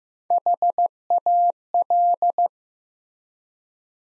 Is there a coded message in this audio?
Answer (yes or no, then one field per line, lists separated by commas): yes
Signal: Morse code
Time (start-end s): 0.3-2.5 s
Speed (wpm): 15 wpm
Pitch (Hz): 700 Hz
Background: none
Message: HAL